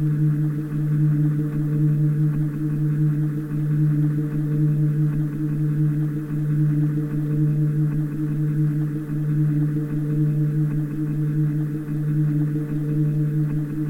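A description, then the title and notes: A steady, droning feedback tone holds for the whole stretch, a low hum with ringing overtones stacked above it and a faint rapid flutter running through. The level stays even from start to finish, softly filtered, with a thin hiss up top. Hiss. Cheap feed back and gentle filtration; rain.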